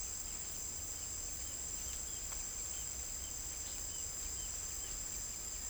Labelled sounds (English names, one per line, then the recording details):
none
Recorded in dense forest near Puerto Asís, Putumayo, Colombia, on 20 December 2024 at 09:00
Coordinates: 0.485, -76.318
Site GP03